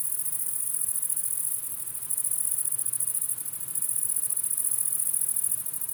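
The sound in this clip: Grasshopper stridulating: very high, dry, buzzing bursts lasting about one and a half seconds, separated by short pauses, repeated three times.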